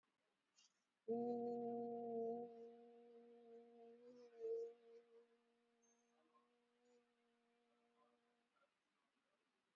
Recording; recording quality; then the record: sustained vowel as in boot; excellent, no background noise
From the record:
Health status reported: COVID-19 positive, mild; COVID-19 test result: positive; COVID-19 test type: RT-PCR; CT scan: not taken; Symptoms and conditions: cough, fatigue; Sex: female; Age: 22 years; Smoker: no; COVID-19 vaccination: one dose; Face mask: worn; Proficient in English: yes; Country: India